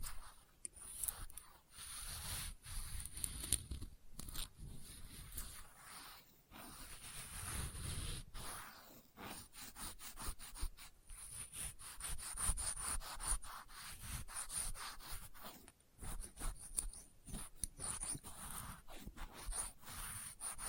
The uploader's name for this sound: Experimental Triggers in Test Tubes